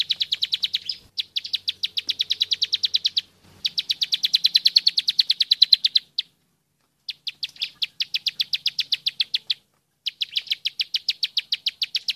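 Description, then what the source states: Bird song of rapid, high chirps in fast trains lasting one to three seconds, separated by short silent breaks. Master recording from a compilation, used for training birds.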